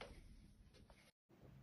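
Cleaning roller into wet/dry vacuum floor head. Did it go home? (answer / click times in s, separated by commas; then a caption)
no / none. The cleaning roller of a Kiwi KSC-4270 wet/dry floor cleaner is being handled and fitted into its plastic floor head housing. Low rustling and handling noise runs throughout, with a short sharp tap at the very start and a brief silence around 1.1–1.3 s. Nothing has seated or clicked into place yet.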